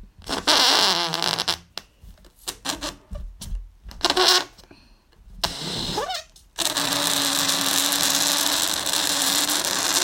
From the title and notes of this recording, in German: Ich puste ein Ballon auf.